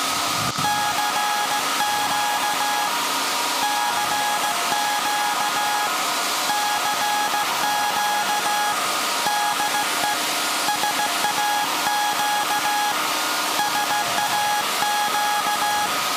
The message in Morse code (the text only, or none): CQ CQ CQ DE SAQ SAQ